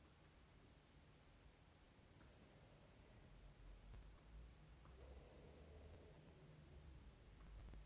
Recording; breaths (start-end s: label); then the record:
nose breathing near a microphone
2.08-3.89 s: inhalation
4.72-7.28 s: exhalation
From the record:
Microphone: phone